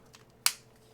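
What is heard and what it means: Plastic pieces of a scale model DeLorean car are aligned and pressed into their mounting holes in the model's body panel. After a faint tap at 0.1 s, one sharp, bright snap is heard at 0.5 s. The pieces are confirmed to snap through and seat in place.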